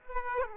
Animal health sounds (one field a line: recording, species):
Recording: mosquito wingbeat signal from an infrared sensor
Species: Aedes aegypti